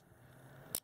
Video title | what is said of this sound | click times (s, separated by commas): MICROSOFT BAND ACTIVITY TRACKER REVIEW - Gearist | when it's clasped you can hear a clicking | 0.8 s